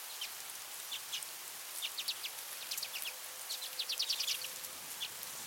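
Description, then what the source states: Common redpoll giving dry, rapid chattering calls in short bursts, clusters of high ticking notes throughout, densest around four seconds, over a steady background hiss. Nominate subspecies flammea.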